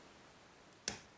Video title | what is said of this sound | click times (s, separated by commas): 284 ABUS 45/40 A LITTLE CHALLENGE FROM POTTI314 subeng | lo empujó hasta que pide hace un click y se coloca | 0.9 s